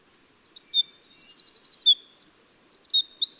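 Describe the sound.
Winter wren song with thin, high twitters leading into a quick, evenly repeated trill, then scattered bright notes, cut off at the end.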